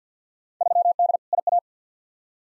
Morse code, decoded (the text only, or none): 3D IA